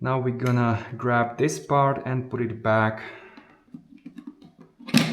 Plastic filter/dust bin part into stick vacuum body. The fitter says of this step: Make sure to click this part, and it's done, and you can use it with